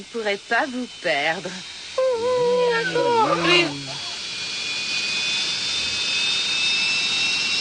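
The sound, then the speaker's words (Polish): A man speaks briefly, then an airplane's jet engine takes over with a steady roaring rush and a thin high whine that slowly climbs in pitch as it spools up. “Wolałbym któryś z tamtych dużych samolotów.”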